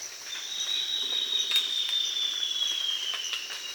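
Bird uttering a thin, high whistle that glides gently downward for about three seconds, against a continuous shrill insect hum.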